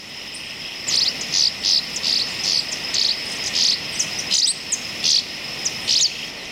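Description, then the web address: Southern rough-winged swallow giving a series of short rough buzzy notes over a steady high hum. Recorded in Ecuador. "S America Birds of Ecuador. Southern Rough-winged Swallow"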